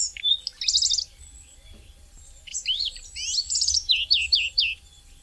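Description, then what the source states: Common Redstart song: two bright, high warbling phrases, the second ending in quick repeated chirps. Migrant, often seen in villages near people; the male has magnificent colours.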